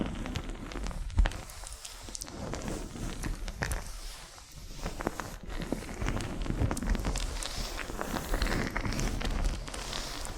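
A wax facial treatment with continuous soft rustling and sticky crackling, dotted with frequent sharp clicks and taps, low rumble underneath throughout.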